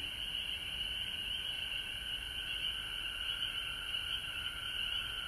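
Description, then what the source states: Frog chorus, unbroken high and mid-pitched trilling holding steady for the whole stretch. Recorded at home in Georgia on March 19, 2020.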